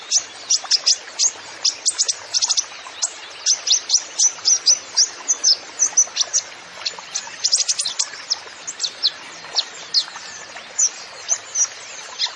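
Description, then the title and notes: Kolibri Ninja song: long, continuous stream of high, piercing chirps and quick twitters, densely packed and hardly pausing throughout. Song with full isian (fill) phrases and tembakan (shot) style, in full song (gacor), used as masteran to train songbirds. "MASTERAN KOLIBRI NINJA FULL ISIAN DAN TEMBAKAN. Suara Burung Kolibri Ninja Gacor"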